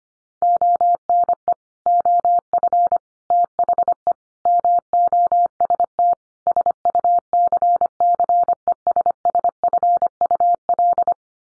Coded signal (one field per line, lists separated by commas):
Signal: Morse code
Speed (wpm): 25 wpm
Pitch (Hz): 700 Hz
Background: none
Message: ONE OF THE MOST SUCCESSFUL